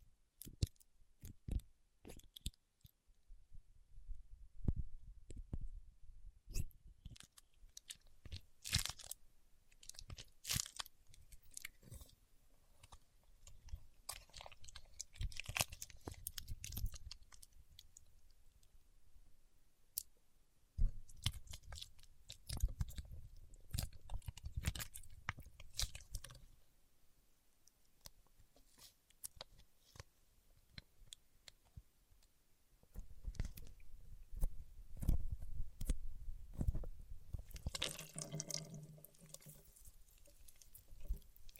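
Paraffin wax being peeled, tapped and scratched, heard as irregular dry crackles, snaps and crunchy scrapes in dense bursts. The sounds come in clusters around 3–17, 21–26 and 33–41 seconds, with quieter gaps between and a brief softer rustle near 38 seconds.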